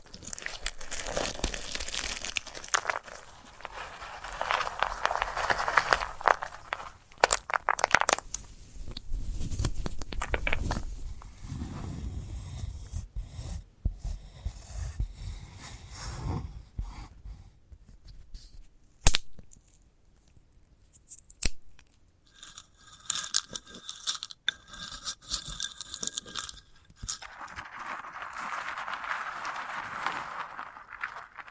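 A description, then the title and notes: Crunching and crinkling sounds from handling a sunflower head, in dense bursts with quieter pauses and a few sharp snaps near twenty seconds. ASMR of a Sunflower Head (No Talking).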